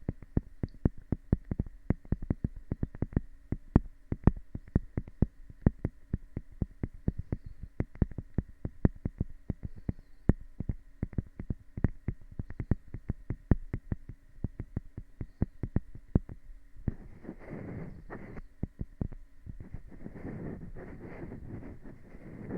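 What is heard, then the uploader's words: Deep ear-trigger sounds: a fast run of soft, muffled thumps and taps, several per second, heavy in the low end. From about seventeen seconds, a scratchy brushing and rubbing takes over. A faint steady hum runs underneath throughout. Deep & Intense Ear Triggers Q-tips, felt ghosts, brushes & plastic coasters.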